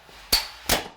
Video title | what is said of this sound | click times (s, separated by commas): Popup projector guide - HMC tutorials | Clicks again. Boom. So that's as low as it can go. | 0.3 s